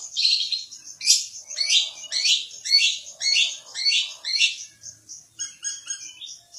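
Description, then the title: Long-tailed shrike song of grating, downslurred notes repeated roughly every half second, ending in softer, higher twittering notes. "Cendet"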